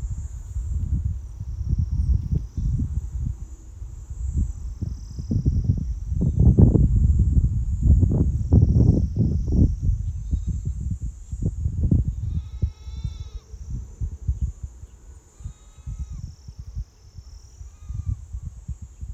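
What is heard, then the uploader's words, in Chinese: Outdoors by a lake in a valley, a steady high insect drone overlays low rumbling gusts, with faint bird or animal calls near thirteen seconds. 山谷 洱海 绿色的 山羊。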